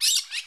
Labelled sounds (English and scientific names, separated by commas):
Brown-throated Parakeet (Eupsittula pertinax) contact call